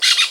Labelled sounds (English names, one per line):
Brown-throated Parakeet contact call